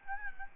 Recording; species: mosquito wingbeat signal from an infrared sensor; Aedes albopictus